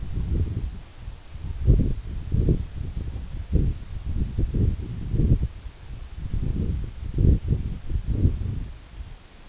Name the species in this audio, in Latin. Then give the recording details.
none. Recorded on Arctic tundra, site EABA-1, on 26 June 2018. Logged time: 08:00